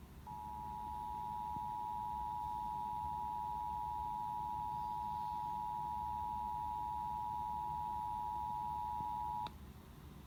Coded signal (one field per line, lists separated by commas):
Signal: Emergency Alert System (SAME) tones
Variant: 853 and 960 Hz attention tone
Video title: EAS Required Monthly Test PA FM Radio 1/21/21 #18